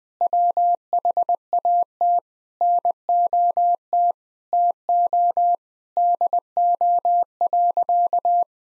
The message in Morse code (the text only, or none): WHAT NOT TO DO.